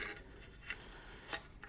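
One end of the plastic wiring harness plug for a set of Ski-Doo Gen 5 auxiliary LED wide lights is handled at the snowmobile's mating accessory connector. Quiet rubbing and a few short ticks are heard around 0.7 s, 1.3 s and 1.6 s. Nothing has seated or clicked yet.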